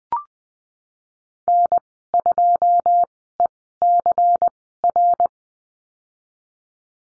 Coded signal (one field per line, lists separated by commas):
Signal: Morse code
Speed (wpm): 20 wpm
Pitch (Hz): 700 Hz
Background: none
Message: N2ECR